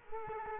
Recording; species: mosquito wingbeat signal from an infrared sensor; Culex quinquefasciatus